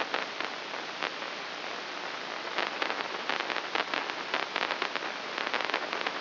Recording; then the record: brain microelectrode recording played as sound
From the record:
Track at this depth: inside the subthalamic nucleus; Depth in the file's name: 0.007 mm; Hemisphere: right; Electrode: 3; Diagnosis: Parkinson's disease